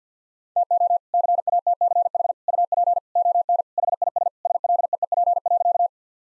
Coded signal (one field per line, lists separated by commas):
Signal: Morse code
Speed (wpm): 50 wpm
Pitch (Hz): 700 Hz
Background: none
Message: TO CATCH UP ON HIS SLEEP.